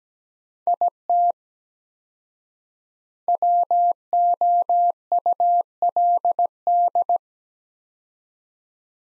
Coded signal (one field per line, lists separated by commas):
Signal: Morse code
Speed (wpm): 17 wpm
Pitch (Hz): 700 Hz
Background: none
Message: IT WOULD